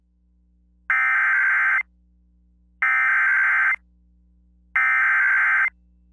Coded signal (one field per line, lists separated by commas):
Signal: Emergency Alert System (SAME) tones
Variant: header bursts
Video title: Severe Thunderstorm Warning on WBPW-FM (6/4/22) (EAS #1467)